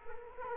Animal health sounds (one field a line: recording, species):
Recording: mosquito wingbeat signal from an infrared sensor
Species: Culex quinquefasciatus